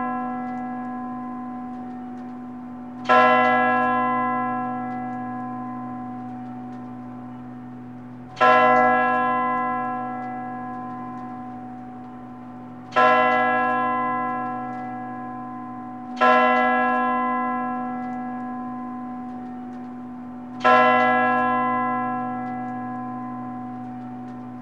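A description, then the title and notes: A church bell tolls five times, every four to five seconds, each bright strike ringing out and fading slowly over a steady low hum. The distant sound of the bell, its first toll echoing through the air, rich and full. The space between each toll is filled with a tranquil silence.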